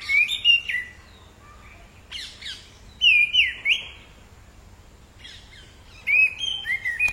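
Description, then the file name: Orange-headed thrush singing varied whistled phrases, slurred and warbling, mixed with scratchy high notes, phrases coming in short bursts separated by brief silences. "canto do tordo de cabeca laranja"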